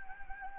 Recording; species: mosquito wingbeat signal from an infrared sensor; Anopheles gambiae